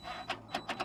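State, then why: Torque reached. A torque tool tightens an M6 bolt holding a fender flare on a Rocket Bunny body kit for an FRS/BRZ into a rivet nut. Against a low steady hum, short bright ticks sound, and the tool's click at its setting comes at 0.55 s. The bolt is confirmed nice and tight.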